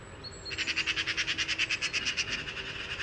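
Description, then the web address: Eurasian magpie giving a harsh, rapid rattling chatter of many dry notes, with a thin high whistle from another bird just before it. "SETE data Pica pica"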